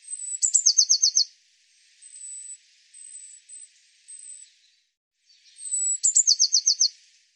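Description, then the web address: Eurasian blue tit call sequence: a thin high note slides down into a fast trill, then several faint high notes, and the trill phrase repeats. "cianscape birddata Deverinetal 2025 File cleaned normalized Bird Cy Ca"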